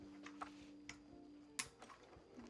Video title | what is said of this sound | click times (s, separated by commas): Budget Gaming and Streaming PC Guide 2024 - Full Build Guide | going alternating we're going to just push it down and you're going to hear the click it's going to lock in place | 0.4 s, 0.9 s, 1.6 s